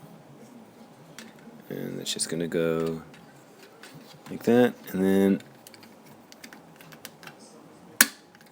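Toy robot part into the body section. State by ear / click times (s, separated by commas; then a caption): seated / 8.0 s. A plastic part of a Transformers Go! Samurai Team transforming toy robot is pushed into its slot in the body section while someone talks, with faint small ticks of plastic handling in between. A single sharp, loud click at 8.0 s shows the part seating firmly in place.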